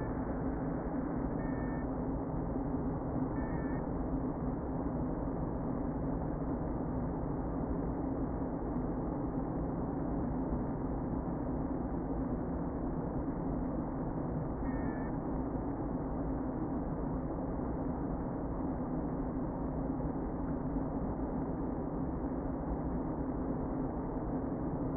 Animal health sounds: honeybee colony, microphone inside the hive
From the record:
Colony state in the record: queen present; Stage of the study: before two queens were removed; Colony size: about 60,000 bees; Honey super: yes

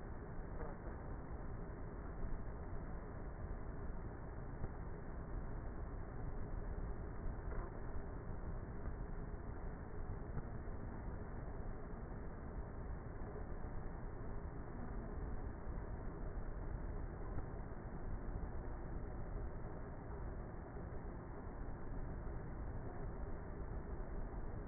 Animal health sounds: honeybee colony, microphone inside the hive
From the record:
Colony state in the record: queenless with a low population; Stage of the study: before two queens were removed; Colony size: about 30,000 bees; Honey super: no

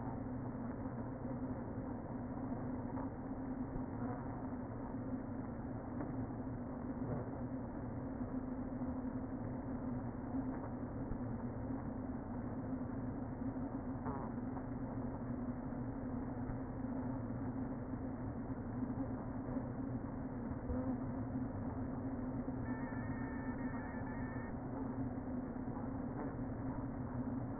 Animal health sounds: honeybee colony, microphone inside the hive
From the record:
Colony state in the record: queen present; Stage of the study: before two queens were removed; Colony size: about 60,000 bees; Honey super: yes

